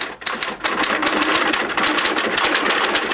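Rapid, steady clatter of typewriter keys as someone types a script onto two sheets loaded with carbon paper, a dense run of sharp mechanical taps that starts after a brief pause and continues loudly with no voices.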